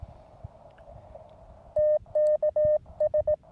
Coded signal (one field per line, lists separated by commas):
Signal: Morse code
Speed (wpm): 18 wpm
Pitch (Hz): 1800 Hz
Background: none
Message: TKS